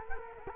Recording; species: mosquito wingbeat signal from an infrared sensor; Culex quinquefasciatus